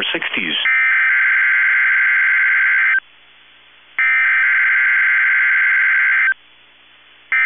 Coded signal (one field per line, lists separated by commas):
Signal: Emergency Alert System (SAME) tones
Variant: header bursts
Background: speech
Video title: SECOND TIMES A CHARM Required Weekly Test On KEC65 7/15/21 (EAS #761-762)